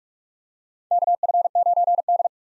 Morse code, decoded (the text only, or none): KF9D